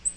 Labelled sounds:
Black-throated Green Warbler (Setophaga virens) flight call

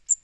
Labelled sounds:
Magnolia Warbler (Setophaga magnolia) flight call

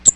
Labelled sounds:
Cape May Warbler (Setophaga tigrina) flight call

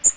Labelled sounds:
Magnolia Warbler (Setophaga magnolia) flight call

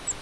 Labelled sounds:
Grace's Warbler (Setophaga graciae) flight call

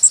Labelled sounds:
Yellow Warbler (Setophaga petechia) flight call

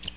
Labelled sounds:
Magnolia Warbler (Setophaga magnolia) flight call

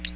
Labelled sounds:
Ovenbird (Seiurus aurocapilla) flight call

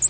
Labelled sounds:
American Redstart (Setophaga ruticilla) flight call

